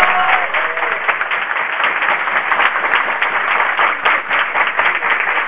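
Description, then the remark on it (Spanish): Steady, dense applause from a crowd at a legislative committee meeting on a gender identity bill, many hands clapping at once in a continuous loud wash of sharp claps with no clear rhythm, lasting the whole stretch. “Dejemos los aplausos para el recinto cuando demos media sanción.”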